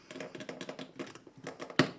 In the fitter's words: oh there's a nice clicking sound so at least i know it's in